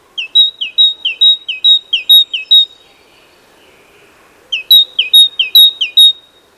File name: Parus major